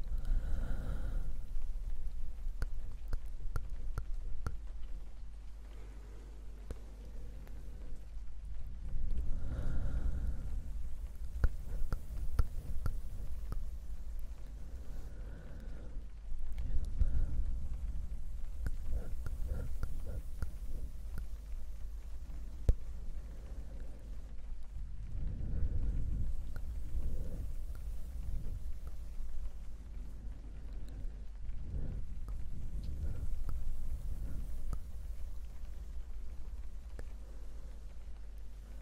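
Soft brushing on an ear-to-ear mic mixes with a steady rain hiss and a constant low rumble. Thicker low swells arrive every few seconds, around 1, 10, 17, 26 and 33 seconds, and faint breathy whispers surface between dense clusters of small crackles.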